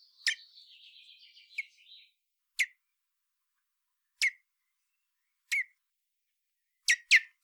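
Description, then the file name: Common blackbird calls, a soft quiet twittering at first, then sharp single clicks repeated about every one to two seconds, ending with a quick pair. "Turdus merula"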